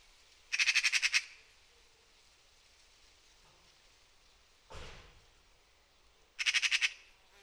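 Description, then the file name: Eurasian magpie giving harsh, rapid rattling chatters, two short bursts of several clipped notes each, with a brief dull knock between them. "Pica pica"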